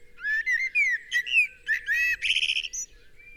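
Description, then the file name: Common blackbird song: clear, mellow whistled phrases that slide up and down, ending in a burst of high, squeaky twittering. "Turdus merula"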